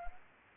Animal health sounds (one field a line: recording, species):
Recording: mosquito wingbeat signal from an infrared sensor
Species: Culex pipiens